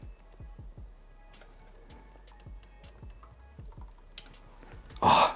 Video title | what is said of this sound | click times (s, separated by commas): How to Build the Ultimate Gaming PC in the HYTE Y70 - Step by Step PC Build Guide | that was a loud click and I even felt the click too so that's beautiful and because | 4.2 s